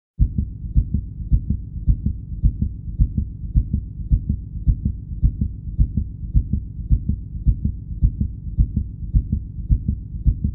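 Steady, deep thumping heartbeats at about 107 beats a minute with an even rhythm, over a low background hum. A fast heartbeat.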